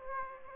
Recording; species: mosquito wingbeat signal from an infrared sensor; Aedes aegypti